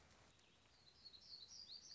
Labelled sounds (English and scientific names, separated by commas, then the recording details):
Black-throated Gray Warbler (Setophaga nigrescens)
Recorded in Sonoma County, California